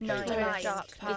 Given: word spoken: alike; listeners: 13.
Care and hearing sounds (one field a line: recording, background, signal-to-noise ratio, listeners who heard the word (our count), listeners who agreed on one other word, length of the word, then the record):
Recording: one English word in noise, from a listening test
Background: four-talker babble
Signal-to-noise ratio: -2.7 dB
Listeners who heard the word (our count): 0 of 13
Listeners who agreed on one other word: 9 of 13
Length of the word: 0.77 s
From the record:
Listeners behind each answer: 9, 1, 1, 1, 1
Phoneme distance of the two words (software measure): 27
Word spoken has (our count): 2 syllables, 4 phonemes, stress on syllable 2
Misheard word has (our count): 1 syllable, 3 phonemes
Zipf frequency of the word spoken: 3.75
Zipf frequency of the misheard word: 5.65